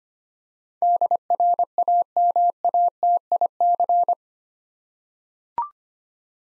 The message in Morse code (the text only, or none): DRAMATIC